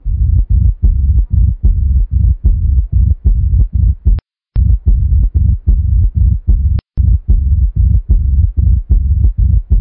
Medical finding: Heart murmur.